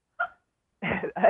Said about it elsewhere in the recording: A little sample of the hiccup girl. You can even hear her hiccupping in the background.